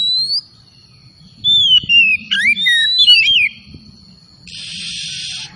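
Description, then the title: Oriental magpie-robin song: a rising whistle, then a run of varied swooping whistled phrases, ending with a harsh buzzy burst; a faint low rumble underneath. Singing vigorously (gacor). "Kacer Tretes Gacor"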